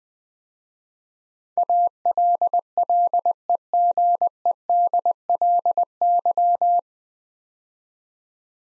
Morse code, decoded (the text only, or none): ALLEGEDLY